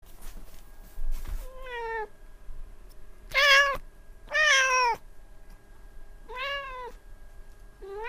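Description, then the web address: Cat meowing repeatedly, drawn-out harmonic meows of varying pitch, two louder and longer in the middle, with a faint hum in the background. Recorded 29 April 2006. "cat cat 20060429"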